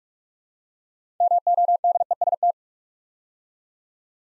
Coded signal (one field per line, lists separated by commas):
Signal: Morse code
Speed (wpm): 45 wpm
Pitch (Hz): 700 Hz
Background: none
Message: MODEST